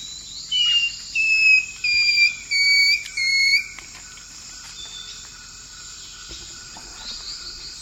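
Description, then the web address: Long-tailed woodcreeper singing five loud, clear whistled notes that fall gradually in pitch, over a continuous high-pitched insect hum. South America, eastern lowlands. "Natures Songs S America Eastern Lowlands. Long-tailed Woodcreeper"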